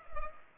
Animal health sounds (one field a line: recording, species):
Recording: mosquito wingbeat signal from an infrared sensor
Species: Culex pipiens